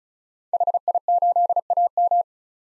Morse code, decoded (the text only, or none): HI8AM